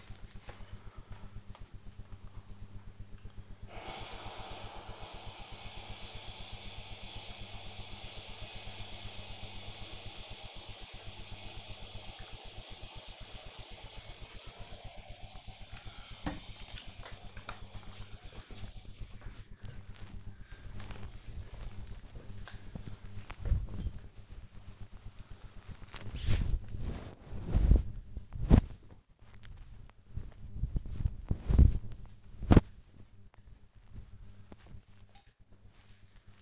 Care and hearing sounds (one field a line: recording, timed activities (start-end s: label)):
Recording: household activities, microphone on the right wrist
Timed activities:
3.52-17.62 s: refill water